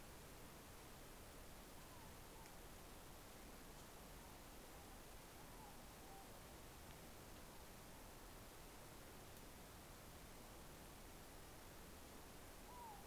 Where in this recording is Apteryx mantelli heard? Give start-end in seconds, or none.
none